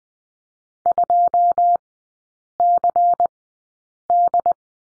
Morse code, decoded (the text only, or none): 2CD